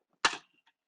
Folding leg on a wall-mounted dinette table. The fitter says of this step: and it's going to lock into place you got the two hinges that are on the wall you're gonna just lift